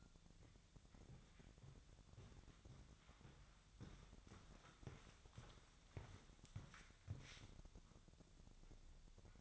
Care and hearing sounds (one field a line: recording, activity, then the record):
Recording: daily activity, microphone in the room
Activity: walk to room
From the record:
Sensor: 3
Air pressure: 999.4 hPa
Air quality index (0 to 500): 195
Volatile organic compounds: 42 ppm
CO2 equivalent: 3184 ppm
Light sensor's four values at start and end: 8/20/8/8 and 8/17/7/7